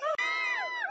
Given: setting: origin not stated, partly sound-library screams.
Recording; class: one-second piece from a danger detection set; woman in danger